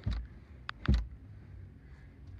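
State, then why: Seated. A folded rear seat in a 2012 Honda Stepwagon minivan is pushed back, and its latch seats into the vehicle floor mount with a sharp click at 0.7 s. Low thumps come just before 0.2 s and around 0.9 s, over a quiet background hum. The seat locks into place.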